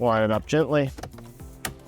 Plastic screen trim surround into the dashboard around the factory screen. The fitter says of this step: snap it into place, and now let's add the black screw here.